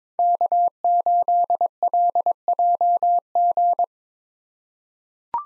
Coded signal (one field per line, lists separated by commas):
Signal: Morse code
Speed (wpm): 21 wpm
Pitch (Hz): 700 Hz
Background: none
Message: K8LJG